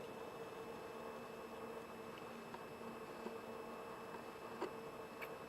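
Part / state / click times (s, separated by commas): atomizer coil into vape tank section / not seated / none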